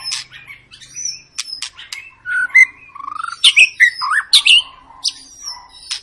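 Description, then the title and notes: White-rumped shama song of loud clear whistles, rising and falling slurs broken by harsher buzzy notes, with brief pauses between phrases. Long lure song (pancingan) of a gacor, actively singing white-rumped shama, played to make other birds sing. "Pancingan Murai Batu Gacor Panjang. muraiku"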